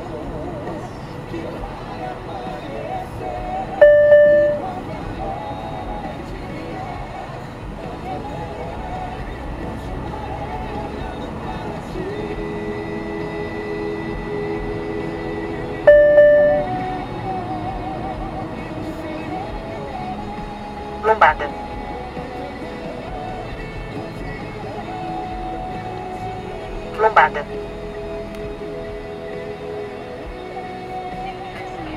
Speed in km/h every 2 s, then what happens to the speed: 50, 50, 41, 46, 55, 57, 55, 53, 56, 55, 49, 44, 39, 15, 12, 17.
0-5 slows to 41. 5-9 speeds up to 57. 9-18 steady at about 55. 18-27 brakes to 12.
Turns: none.